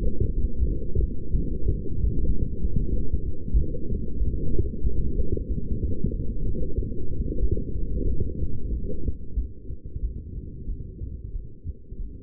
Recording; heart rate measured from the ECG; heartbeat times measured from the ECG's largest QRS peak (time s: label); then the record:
heart sounds by stethoscope; 93 bpm
0.35 s: heartbeat
1.00 s: heartbeat
1.64 s: heartbeat
2.28 s: heartbeat
2.91 s: heartbeat
3.55 s: heartbeat
4.19 s: heartbeat
4.83 s: heartbeat
5.48 s: heartbeat
6.12 s: heartbeat
6.77 s: heartbeat
7.41 s: heartbeat
8.06 s: heartbeat
8.70 s: heartbeat
9.36 s: heartbeat
10.01 s: heartbeat
10.67 s: heartbeat
11.32 s: heartbeat
11.98 s: heartbeat
From the record:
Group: heart failure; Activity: light exercise 0-7 s, rest 7-12 s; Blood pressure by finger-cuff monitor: 182/113 mmHg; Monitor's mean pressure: 134 mmHg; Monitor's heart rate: 94 bpm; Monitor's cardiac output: 8.6 L/min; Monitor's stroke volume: 91 mL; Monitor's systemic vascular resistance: 1190 dyn s/cm5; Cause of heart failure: non-ischemic cardiomyopathy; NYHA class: 1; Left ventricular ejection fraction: 62%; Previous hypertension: present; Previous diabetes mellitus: present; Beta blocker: bisoprolol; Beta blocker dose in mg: 10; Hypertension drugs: sacubitril-valsartan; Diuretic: furosemide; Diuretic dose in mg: 20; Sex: male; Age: 49 years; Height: 167 cm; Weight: 110 kg